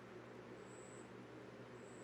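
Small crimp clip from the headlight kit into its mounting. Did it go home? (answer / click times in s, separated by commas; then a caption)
no / none. A small crimp clip supplied with a KARSAM headlight kit is pressed toward its mounting during a headlight install on a Jeep Wrangler JL/Gladiator JT. Only a steady, even hiss is heard, with a faint high whine fading in and out. Nothing has seated or clicked yet; the clip fails to latch.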